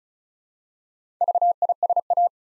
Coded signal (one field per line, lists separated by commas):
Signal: Morse code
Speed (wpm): 36 wpm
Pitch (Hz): 700 Hz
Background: none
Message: VISA